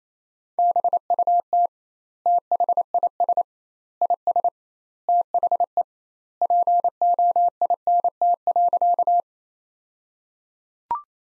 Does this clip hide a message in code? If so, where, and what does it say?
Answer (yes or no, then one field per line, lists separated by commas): yes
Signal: Morse code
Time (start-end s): 0.6-9.2 s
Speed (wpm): 28 wpm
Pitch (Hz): 700 Hz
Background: none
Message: BUT THIS IS THE POINT.